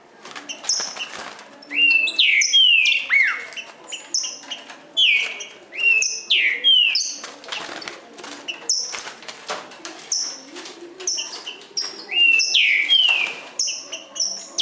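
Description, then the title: Green-winged saltator song, repeated whistled phrases with steep falling sweeps, several phrases in quick succession. Bird named Nicão singing in the forest, in a song contest with a free-living wild saltator. "Trinca Ferro NICÃ O No Mato Disputando Com Solto"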